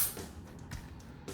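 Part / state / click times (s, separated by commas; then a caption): plastic leg ratchet joint in a transforming figure / not seated / none. A plastic leg ratchet joint on a transforming plastic robot figure is handled and moved toward position, with a faint low background hum and two brief sharp sounds near 0.7 and 1.3 seconds. Nothing has seated or clicked yet; the joint is not home.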